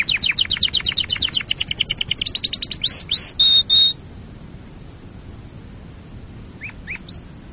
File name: canarysong omkicau